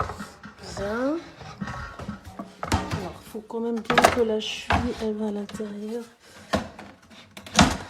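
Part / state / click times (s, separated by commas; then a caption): bucket/seat insert into wooden dry toilet frame / seated / 7.6 s. An inner bucket or seat insert is pushed down into a homemade wooden dry-toilet frame while someone talks. After a few knocks and thumps, it snaps into place with a sharp knock at 7.6 seconds and is properly engaged.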